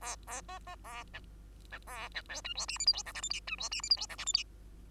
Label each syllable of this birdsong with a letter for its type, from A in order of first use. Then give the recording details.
A A B B A C C A C D E F G H I J K L M N E F G H I J K L M N. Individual Bird2